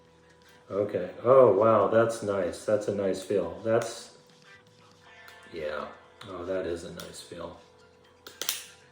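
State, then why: Seated. An action camera is slid into a hard plastic media mod housing frame while someone talks, and it seats with a sharp click at 8.4 s. The camera clicks home in the shell, confirming it is seated.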